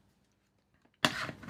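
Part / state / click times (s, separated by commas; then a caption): network dock into its mounting slot on a control panel / seated / 1.1 s. A network dock is pushed into its mount behind a control panel and clicks in sharply at 1.1 s. A loud broadband burst follows and continues to the end. The dock is seated, with a very satisfying click.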